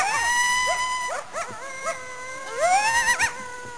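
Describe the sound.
Coyote howl, then a few short yelps and a rising, wavering howl.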